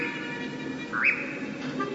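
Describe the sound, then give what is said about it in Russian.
A European nightjar churring over a pine forest, a steady, unbroken mechanical trill with a brief upward-sliding note about midway, holding at an even level throughout. “Все тот же таинственный козадой. Так он поет.”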